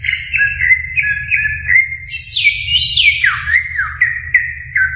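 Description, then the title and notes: Greater green leafbird song: a string of bright warbled whistles, then a high burst dropping into swooping downward slurs, continuous and lively, low hum beneath. Champion songbird. "Kicau Burung Cucak Ijo Juara. Suara kicauan burung cucak ijo"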